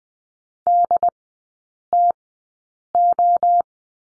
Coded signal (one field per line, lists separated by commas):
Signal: Morse code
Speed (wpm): 20 wpm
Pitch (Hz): 700 Hz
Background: none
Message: DTO